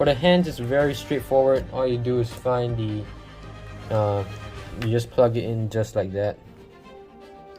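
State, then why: Not seated. Someone talks over music while handling an alternate plastic hand for a Marvel Legends PS5 Miles Morales Gamerverse action figure, plugging it onto the figure's wrist peg. The hand has not yet seated on the peg, and no click is heard.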